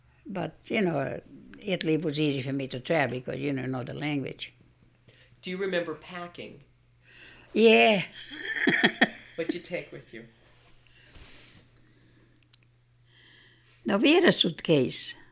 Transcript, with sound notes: But, you know, Italy was easy for me to travel because, you know, I know the language.
Do you remember packing?
Yeah. ( she laughs )
What did you take with you?
We had a suitcase.